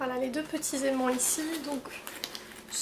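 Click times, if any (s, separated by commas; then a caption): 2.2 s, 2.4 s. Someone talks while showing the fabric flap of a camera bag's inner pocket, which is let go and pulled shut by its two small magnets. The magnetic clasp snaps closed with small clicks at 2.2 s and 2.4 s, seating the flap shut.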